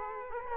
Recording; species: mosquito wingbeat signal from an infrared sensor; Culex quinquefasciatus